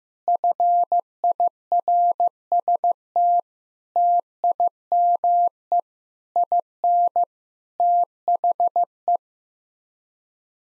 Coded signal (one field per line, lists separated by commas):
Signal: Morse code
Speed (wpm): 15 wpm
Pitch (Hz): 700 Hz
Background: none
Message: FIRST TIME IN THE